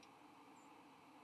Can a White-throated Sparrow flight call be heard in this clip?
yes